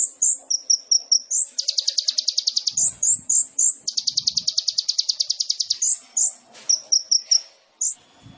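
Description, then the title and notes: Sunbird singing high sharp chirps and two long, fast, even trills of buzzy repeated notes, interspersed with thin whistled notes. Indonesian masteran training song for songbirds; vigorous (gacor) song full of fill-in phrases (isian) and bursts (tembakan), suited for luring (pancingan). "MASTERAN KOLIBRI NINJA TERBAIK FULL ISIAN DAN TEMBAKAN MEWAH COCOK BUAT PANCINGAN. Suara Burung Kolibri Ninja Gacor"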